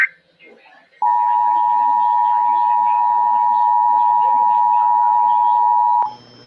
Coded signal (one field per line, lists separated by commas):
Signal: Emergency Alert System (SAME) tones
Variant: 853 and 960 Hz attention tone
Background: speech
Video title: KIH35 Just dies... EAS Alerts from 6/22/22